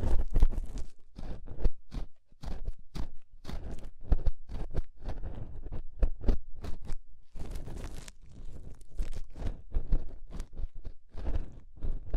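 Inner and outer ear scraping: a fast, irregular run of sharp crunchy scratches, several per second, with brief pauses and dense low rumbling throughout.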